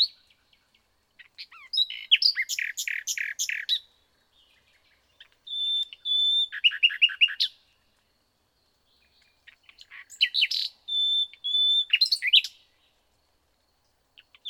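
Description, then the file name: Common nightingale singing three phrases several seconds apart, with fast rattling runs of notes and, in the later two, a clear level whistle. "Luscinia megarhynchos"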